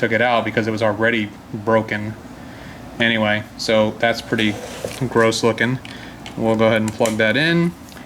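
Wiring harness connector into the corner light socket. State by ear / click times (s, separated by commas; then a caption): not seated / none. A wiring harness connector is being handled at the corner light socket of an ND Miata while someone talks, getting ready to plug it in. Nothing has seated or clicked yet, and the clip ends with a couple of faint short sounds near 7.9 seconds.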